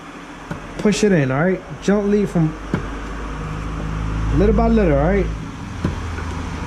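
A drivetrain part on a rebuilt X-Maxx 8S RC truck, near a seal, is pushed gently, little by little, into its housing while someone talks over a steady low hum. Only faint handling ticks are heard, and nothing has seated or clicked yet.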